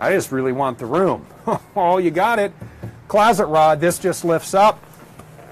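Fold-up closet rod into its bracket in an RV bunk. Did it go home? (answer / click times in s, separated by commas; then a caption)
no / none. Someone talks while a fold-up closet rod in the bunk area of a Miramar 34.6 bunkhouse RV is lifted up toward its bracket. The clip ends before the rod reaches its holder, so nothing has seated or clicked yet.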